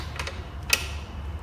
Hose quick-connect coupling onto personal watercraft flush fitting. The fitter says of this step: you hear that snap you know you're good